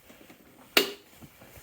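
A hand presses down on a Honda Navi scooter seat over its rear latch, and the latch engages with a single sharp click at 0.8 s against a quiet background. The seat is seated and locked.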